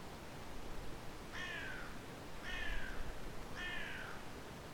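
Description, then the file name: Carrion crow calling, three harsh, hoarse caws spaced about a second apart, each slightly falling, over a steady rushing background hiss. "Corvus corone"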